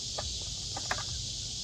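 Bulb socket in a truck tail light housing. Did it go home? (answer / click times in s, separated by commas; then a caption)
released / 0.9 s. A plastic twist-lock bulb socket in the back of an H2 Hummer tail light housing is turned until it clicks loose, giving a sharp click at 0.9 s over a steady high-pitched hiss, with fainter ticks around 0.2 s and 0.8 s. The socket is released and comes free.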